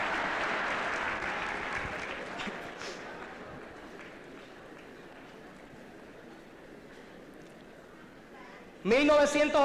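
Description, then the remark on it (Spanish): Crowd applause, loud at first with dense clapping that gradually thins and fades over several seconds, before a man's voice abruptly begins speaking at the end. “No aplauda que su esposa está al lado.”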